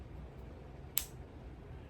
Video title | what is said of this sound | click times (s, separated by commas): Ok…Ok… 116710BLNR Also known as the Rolex GMT II, Batman | And I don't know if I'm going to be able to get that on camera, but you'll hear it click. | 1.0 s